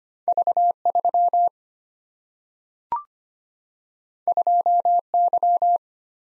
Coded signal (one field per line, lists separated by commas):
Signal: Morse code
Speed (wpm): 25 wpm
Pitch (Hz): 700 Hz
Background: none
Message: V3 2Y